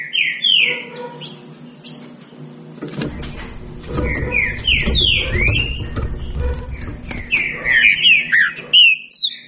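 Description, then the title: Green-winged saltator singing clear, swooping whistled notes in short runs, with a low rumbling noise through the middle and louder phrases toward the end. Birds singing against each other in a song dispute. "Trinca Ferro Nicao"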